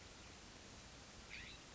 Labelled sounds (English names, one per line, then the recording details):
California Scrub-Jay
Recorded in Sonoma County, California